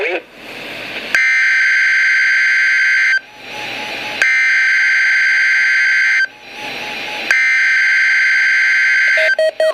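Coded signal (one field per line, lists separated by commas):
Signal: Emergency Alert System (SAME) tones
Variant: header bursts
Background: speech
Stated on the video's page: Required weekly test from a NOAA weather radio station in Milwaukee, WI.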